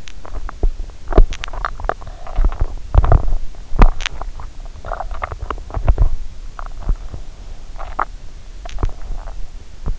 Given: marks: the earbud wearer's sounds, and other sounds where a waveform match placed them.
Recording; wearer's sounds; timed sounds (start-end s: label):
sounds in sleep by an in-ear microphone; teeth grinding
0.00-9.98 s: teeth grinding